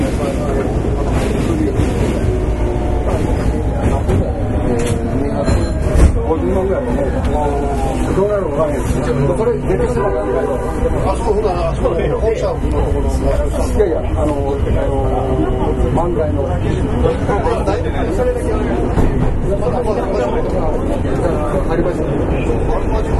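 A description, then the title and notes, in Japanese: Voices talk over one another inside a subway train on the Midosuji Line, a steady murmur of conversation filling the whole stretch. Beneath it runs a constant low rumble of the moving train, with a brief bump around six seconds. 北大阪急行 9000系。大阪市営地下鉄 御堂筋線内。新大阪から中百舌鳥までです。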